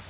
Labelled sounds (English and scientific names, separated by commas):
Chestnut-sided Warbler (Setophaga pensylvanica) flight call